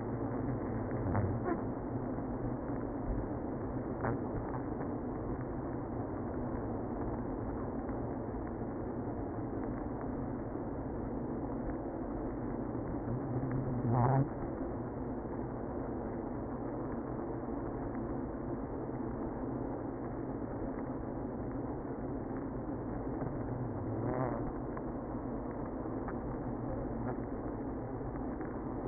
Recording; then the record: honeybee colony, microphone inside the hive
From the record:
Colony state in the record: queenless (queen removed); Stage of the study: after two queens were removed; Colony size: about 60,000 bees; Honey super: yes